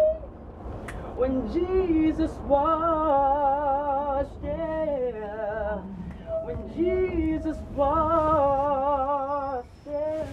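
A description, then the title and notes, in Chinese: A saxophone plays a wavering, bending melody with held notes in a subway station, over a low rumble and faint background chatter. 纽约地铁站里的萨克斯独奏。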